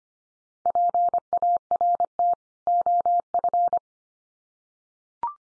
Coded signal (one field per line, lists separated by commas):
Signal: Morse code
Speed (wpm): 25 wpm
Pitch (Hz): 700 Hz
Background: none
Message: PART OF